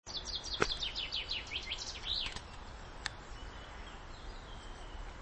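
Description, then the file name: Common chaffinch song: a fast series of bright descending notes closing with a flourish, over steady background noise; a faint tick afterwards. "Fringilla coelebs"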